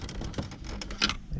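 A plastic trim panel held by a clip near the steering column of a Cobalt / G5, removed during turn signal switch replacement, is pried loose. Soft scraping and light ticks lead to a sharp plastic snap at 1.0 s as the panel pops free of its clip, and it is released.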